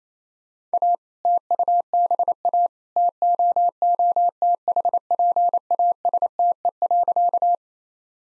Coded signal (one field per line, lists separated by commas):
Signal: Morse code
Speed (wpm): 28 wpm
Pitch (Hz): 700 Hz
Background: none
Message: A TUBA TOOTHPASTE.